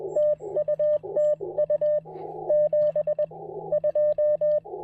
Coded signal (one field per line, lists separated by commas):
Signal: Morse code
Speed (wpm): 21 wpm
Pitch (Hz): 600 Hz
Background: radio noise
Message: TU TU 72